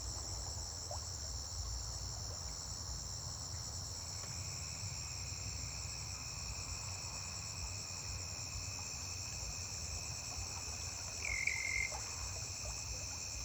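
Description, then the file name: Toad giving a long steady trill that starts partway through and runs to the end, briefly louder near the close, beneath a constant high insect hum. Toads singing at the edge of a gently flowing river. "Sapos cantando na beira do rio correntenza delicada"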